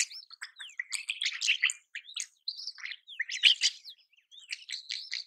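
Rosy starling chatter of scratchy notes mixed with short rising and falling whistles, delivered in quick bursts with brief gaps.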